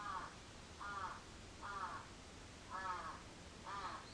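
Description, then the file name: Crow uttering five raspy caws at slightly uneven intervals of about a second, over soft background noise. Recorded 14 July 2022 at 06:37. "karasu-in 220714 0637"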